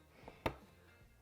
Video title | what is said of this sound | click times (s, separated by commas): How To Install an Acerbis 6.1 Gallon Fuel Tank on a Yamaha Ténéré 700 | as you push that on you want to hear that clip | 0.5 s